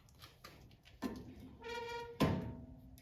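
A Kubota BX tractor's grill guard is swung shut to fix a rattle: the button head of a 1/4-20 bolt rides up a channel and drops into a milled dimple in the frame. A faint thump near 1.0 s and a metallic ringing tone from about 1.6 s lead into a loud clunk at 2.2 s as the latch snaps closed and seats.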